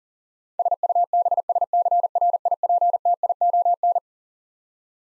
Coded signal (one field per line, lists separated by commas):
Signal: Morse code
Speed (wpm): 40 wpm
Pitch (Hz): 700 Hz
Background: none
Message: SUBSCRIPTION